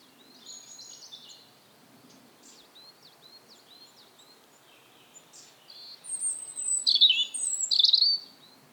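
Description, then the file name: European robin song: soft scattered high twitters at first, then two loud, sharp, sweet bursts about a second apart near the end. "Erithacus rubecula"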